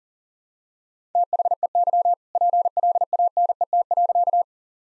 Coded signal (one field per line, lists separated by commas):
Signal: Morse code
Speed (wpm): 37 wpm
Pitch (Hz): 700 Hz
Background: none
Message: THEY PLANET.